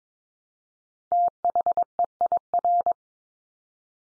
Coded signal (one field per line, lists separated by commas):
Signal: Morse code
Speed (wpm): 22 wpm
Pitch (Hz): 700 Hz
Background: none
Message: THEIR